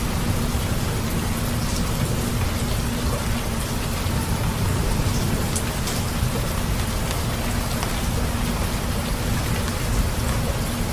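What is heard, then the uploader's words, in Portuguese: Rain falls in a steady, dense hiss, with a constant deep rumble underneath and scattered brighter drop ticks throughout, unchanging in level. Som de Chuva com Trovoadas.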